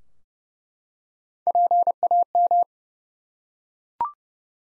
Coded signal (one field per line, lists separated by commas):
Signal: Morse code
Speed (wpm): 30 wpm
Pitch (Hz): 700 Hz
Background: none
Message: PAM